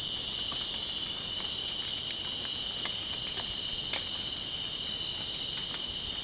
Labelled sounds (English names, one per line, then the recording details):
none
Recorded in dense forest near Puerto Asís, Putumayo, Colombia, on 24 June 2025 at 20:30
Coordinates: 0.499, -76.324
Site G100